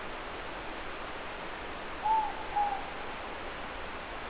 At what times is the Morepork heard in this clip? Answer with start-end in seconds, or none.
1.97-2.91